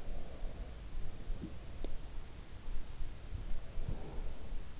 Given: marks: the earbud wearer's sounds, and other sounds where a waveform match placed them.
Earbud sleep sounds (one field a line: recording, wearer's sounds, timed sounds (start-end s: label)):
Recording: sounds in sleep by an in-ear microphone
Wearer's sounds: teeth grinding, breath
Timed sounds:
0.00-2.03 s: sound from someone else or the room
1.35-1.93 s: teeth grinding
3.61-4.78 s: breath